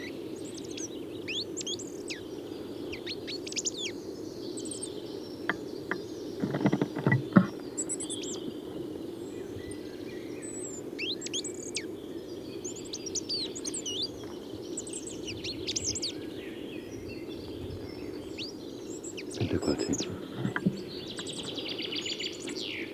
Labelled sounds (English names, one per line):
Goldcrest song